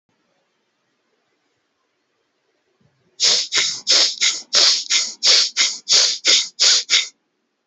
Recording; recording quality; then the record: shallow breathing; excellent, no background noise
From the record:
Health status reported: healthy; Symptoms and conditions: none ticked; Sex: male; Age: 39 years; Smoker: yes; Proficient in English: yes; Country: India